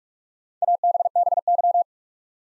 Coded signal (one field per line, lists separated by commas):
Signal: Morse code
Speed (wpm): 44 wpm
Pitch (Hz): 700 Hz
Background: none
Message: ABBY